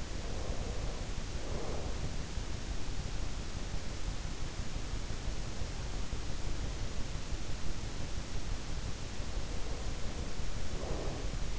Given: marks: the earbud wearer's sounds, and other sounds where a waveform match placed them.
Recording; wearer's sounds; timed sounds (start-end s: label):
sounds in sleep by an in-ear microphone; breath
0.00-2.27 s: breath
9.15-11.59 s: breath